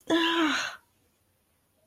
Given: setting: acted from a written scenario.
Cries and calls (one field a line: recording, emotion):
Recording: vocal sound without words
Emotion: pain